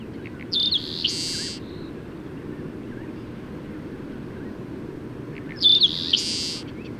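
Bird song heard twice, each a thin whistle then a broad rasping buzz, about five seconds apart, with a few faint chirps and steady low background noise.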